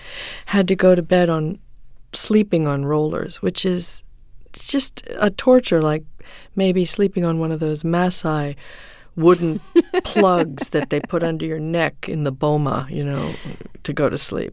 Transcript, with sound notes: so you had to go to bed on - sleeping on rollers, which is just a torture, like maybe sleeping on one of those Maasai...
(Laughter).
...Wooden plugs that they put under your neck in the boma, you know, to go to sleep,